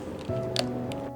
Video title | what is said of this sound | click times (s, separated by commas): Zelda Presentation for blood manchinery | and then you load uh the the pilot chipping until you hear it click see and | 0.6 s